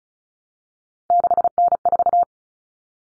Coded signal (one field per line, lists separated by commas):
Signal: Morse code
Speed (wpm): 34 wpm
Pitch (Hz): 700 Hz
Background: none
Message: 6N4